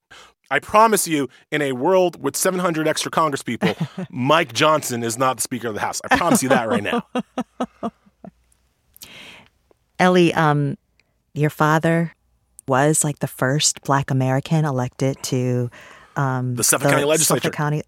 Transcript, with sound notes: I promise you, in a world with 700 extra congresspeople, Mike Johnson is not the speaker of the House. I promise you that right now.
(Laughter). Elie, your father was, like, the first Black American elected to...
The Suffolk County legislature.